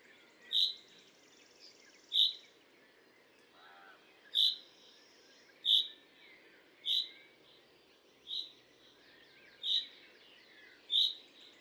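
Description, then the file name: Common chaffinch repeating a sharp, high 'pink' call about every one and a half seconds, with a brief lower buzzy sound from another source early on. "Fringilla coelebs"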